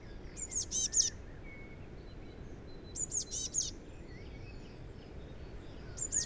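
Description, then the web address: Eurasian blue tit calling with short bursts of a few high, thin notes, the bursts spaced a few seconds apart, over faint background hiss. "SETE data Cyanistes caeruleus"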